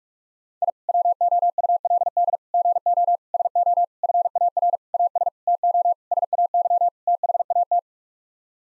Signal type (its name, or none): Morse code